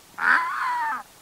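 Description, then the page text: Red-throated Loon giving a single short nasal wailing call, held fairly level and then sliding slightly down, about one second long, over quiet background. On a small pond near Teshekpuk Lake in the Arctic wetlands of northern Alaska. "BirdNote Daily. Family Time with Red-throated Loons"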